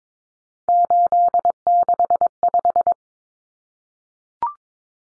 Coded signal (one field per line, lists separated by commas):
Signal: Morse code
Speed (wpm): 22 wpm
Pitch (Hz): 700 Hz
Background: none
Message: 865